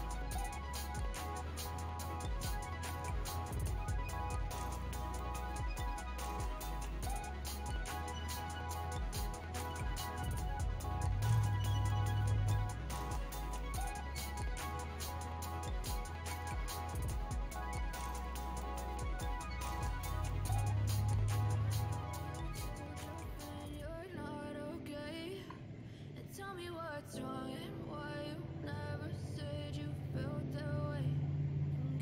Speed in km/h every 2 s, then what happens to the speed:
101, 99, 96, 98, 101, 99, 99, 99, 99, 98, 96, 95, 97, 98, 99, 97.
0-32 steady at about 98.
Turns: none.